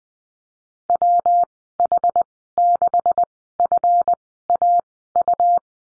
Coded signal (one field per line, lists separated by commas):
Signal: Morse code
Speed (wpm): 20 wpm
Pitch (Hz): 700 Hz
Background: none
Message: WH6FAU